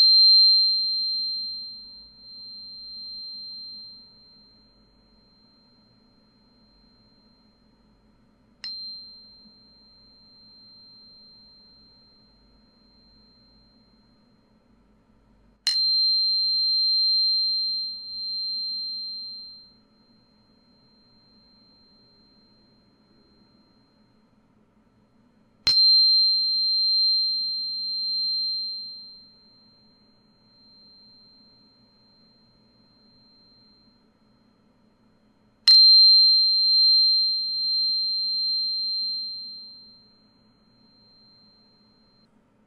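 A high-pitched tuning fork is struck five times, each sharp tap ringing into a pure tone that fades over several seconds.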